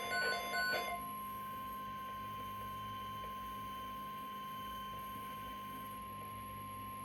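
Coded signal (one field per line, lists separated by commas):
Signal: Emergency Alert System (SAME) tones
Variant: 1050 Hz attention tone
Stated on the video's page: Real Severe Thunderstorm Watch 447 in Michigan, received on a Midland WR-400DSP weather radio.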